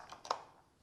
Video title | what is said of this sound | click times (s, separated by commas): No More Back Pain With the GABRYLLY Ergonomic Office Chair | snapped right into place so now I'm tightening that up | 0.3 s